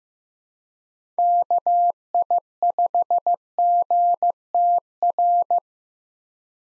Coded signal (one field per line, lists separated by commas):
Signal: Morse code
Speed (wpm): 15 wpm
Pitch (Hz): 700 Hz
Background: none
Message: KI5GTR